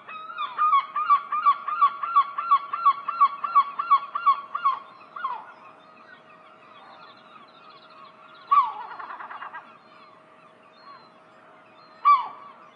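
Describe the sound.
Herring gull calling: a fast series of loud, repeated yelping notes for about five seconds, then quieter calling and two single sharp yelps.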